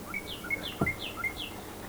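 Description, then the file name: Common nightingale song: a two-part note of a short whistle and a higher slurred note, repeated quickly four times, with one low thud in the background. "Luscinia megarhynchos"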